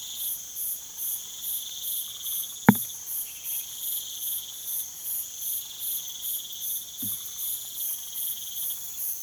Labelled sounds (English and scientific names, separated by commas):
none